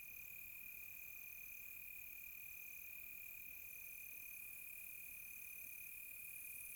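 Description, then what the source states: Crickets sing a constant high trill while a higher insect voice pulses in and out at regular intervals. Quiet tropical night, close.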